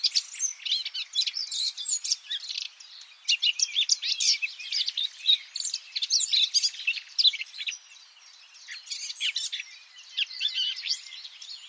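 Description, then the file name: Eurasian blackcap delivering a dense, rambling warble of twittering notes and sharp chirps, briefly pausing near the end before the jumbled phrases start again. "Sylvia atricapilla"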